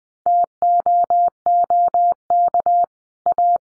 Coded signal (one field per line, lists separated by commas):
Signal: Morse code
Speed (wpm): 20 wpm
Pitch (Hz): 700 Hz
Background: none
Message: TOOK A